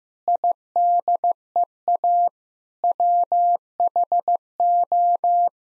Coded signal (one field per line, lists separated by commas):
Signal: Morse code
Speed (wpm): 15 wpm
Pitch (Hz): 700 Hz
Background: none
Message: IDEA WHO